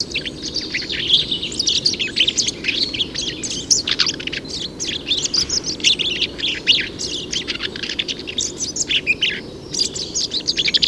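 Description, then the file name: Eurasian blackcap singing a fast, continuous jumble of high twittering and chattering notes. "Sylvia atricapilla"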